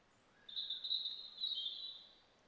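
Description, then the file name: European robin song, a sustained high thin warble wavering in pitch for about one and a half seconds over quiet background. "Erithacus rubecula"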